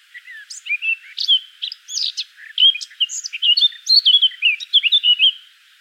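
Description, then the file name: Eurasian blackcap song, a lively, continuous run of mixed whistles, slurred notes and high chips. "Sylvia atricapilla"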